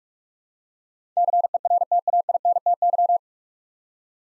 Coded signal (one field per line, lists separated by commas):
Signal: Morse code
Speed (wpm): 42 wpm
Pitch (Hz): 700 Hz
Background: none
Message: CERTAINTY